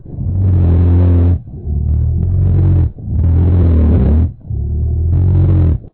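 Stridor in an adult: loud, harsh, low-pitched tonal breath sounds repeating with each breath.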